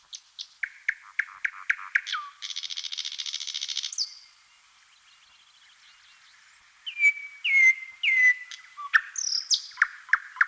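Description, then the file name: Thrush nightingale singing: repeated sharp descending notes lead into a dense buzzing rattle, a silence, then clear whistles and loud chacking notes. "solovey obyknovennyy golos"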